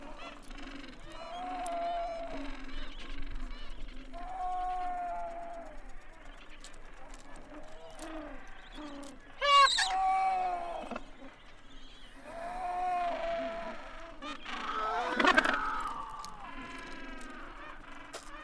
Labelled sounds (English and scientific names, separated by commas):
Gentoo Penguin (Pygoscelis papua) call